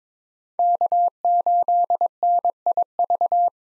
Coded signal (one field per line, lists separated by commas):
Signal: Morse code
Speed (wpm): 22 wpm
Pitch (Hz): 700 Hz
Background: none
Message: K8NIV